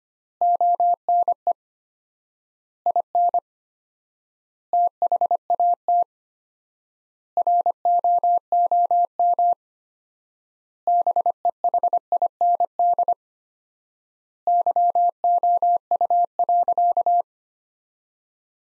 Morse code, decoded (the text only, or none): ONE IN THAT ROOM BEHIND YOU.